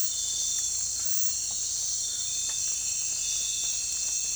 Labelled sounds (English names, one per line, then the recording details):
none
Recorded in pastures near Puerto Asís, Putumayo, Colombia, on 16 December 2024 at 04:00
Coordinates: 0.466, -76.322
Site G040